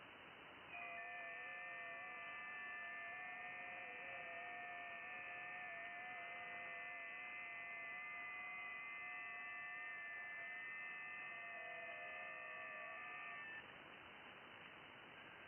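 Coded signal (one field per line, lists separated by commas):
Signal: FT8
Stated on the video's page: FT8 on 10 m (28 MHz), DX to Europe, with heavy band activity.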